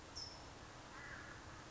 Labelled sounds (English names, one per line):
California Towhee